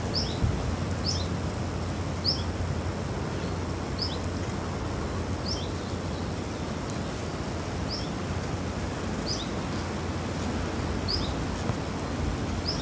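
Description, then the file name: Common chiffchaff song, a series of thin paired notes, high then slightly lower, spaced a second or two apart, against constant low noise. "zilpzalp"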